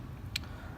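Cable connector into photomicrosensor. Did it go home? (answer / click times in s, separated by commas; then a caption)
yes / 0.4 s. The plastic connector of a two-meter E-1006 sensor cable is plugged onto a slotted EE-SX670 5 mm photomicrosensor, which it fits only one way round. A sharp, bright tick at 0.4 s marks the connector clicking in, followed by a faint softer tick, over a steady low background hum. The connector is seated.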